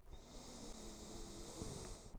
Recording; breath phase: one breath near a microphone; inhalation